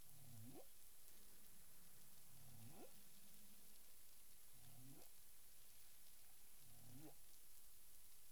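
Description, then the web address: Humpback whale calls, low moans that sweep sharply upward, four repeated at roughly two-second intervals against constant underwater noise. Caribbean; recorded 9 April 2002 at 18:30 UTC. "humpback whale 20020409 183053 UTC"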